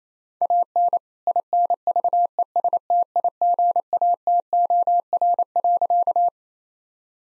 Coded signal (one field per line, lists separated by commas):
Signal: Morse code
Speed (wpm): 28 wpm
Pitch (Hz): 700 Hz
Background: none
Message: AN INVESTIGATOR.